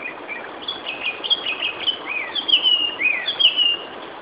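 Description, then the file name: Japanese thrush singing varied whistled phrases, repeated in quick succession with short pauses, over steady background hiss. "Turdus cardis"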